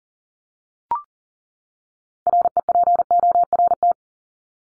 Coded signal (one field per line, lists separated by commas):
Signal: Morse code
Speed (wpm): 40 wpm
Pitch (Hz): 700 Hz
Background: none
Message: REPORT